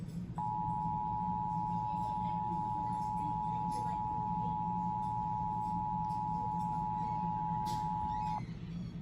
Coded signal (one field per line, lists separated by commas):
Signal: Emergency Alert System (SAME) tones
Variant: 853 and 960 Hz attention tone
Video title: SVR on WNPT (Livestream EAS #11)